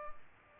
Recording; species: mosquito wingbeat signal from an infrared sensor; Culex pipiens